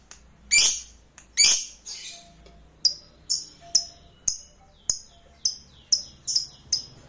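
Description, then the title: Lovebird calls: two harsh squawks, then a series of short, high, downslurred chips. "Suara Lovebird"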